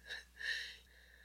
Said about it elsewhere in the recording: My dog is snoring super loud in the background if you can hear like a buzzing sound every couple minutes, it's probably him.